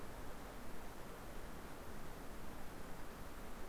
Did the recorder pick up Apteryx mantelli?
no